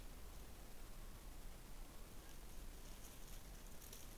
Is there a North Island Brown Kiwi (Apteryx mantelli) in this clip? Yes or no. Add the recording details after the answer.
no. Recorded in New Zealand on 20 November 2014. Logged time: 21:29. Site CL78